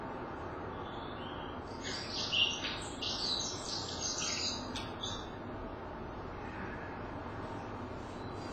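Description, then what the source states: Dark-sided Flycatcher calling in thin, high, scratchy notes over a few seconds, irregularly spaced, then stopping, against constant low rumbling noise. Very rarely heard bird; only one chance to record it in over 50 years of recording; faint, hard-to-hear voice.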